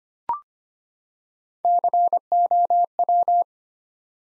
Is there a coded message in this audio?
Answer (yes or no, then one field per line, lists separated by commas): yes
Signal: Morse code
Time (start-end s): 1.6-3.4 s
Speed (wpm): 25 wpm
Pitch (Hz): 700 Hz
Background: none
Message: COW